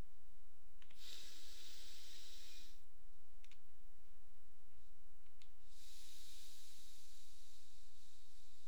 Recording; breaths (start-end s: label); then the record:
nose breathing near a microphone
0.84-3.44 s: inhalation
5.29-8.68 s: exhalation
From the record:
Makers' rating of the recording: medium